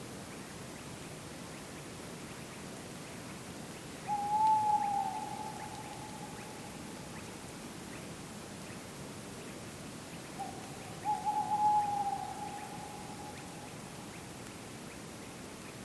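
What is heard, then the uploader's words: Two long, wavering owl hoots sound at about four and eleven seconds over a steady, soft woodland hiss with low rumble beneath. MAFX001 Woodland Atmosphere 1.1 Demo. 5 more GB of recordings from forests in Sweden, Romania and Scotland. Thrush Nightingale, Redwing, Willow Tit, Tawny Owl, Song Thrush.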